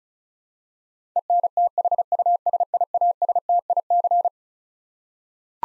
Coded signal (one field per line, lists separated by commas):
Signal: Morse code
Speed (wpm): 36 wpm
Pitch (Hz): 700 Hz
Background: none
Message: ENTHUSIASTIC